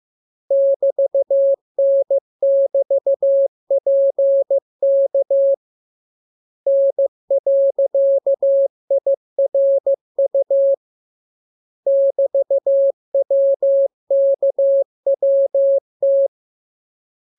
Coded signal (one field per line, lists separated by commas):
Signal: Morse code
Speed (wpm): 15 wpm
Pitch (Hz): 550 Hz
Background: none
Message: <BT>N<BT>PK N.IRU <BT>WKWT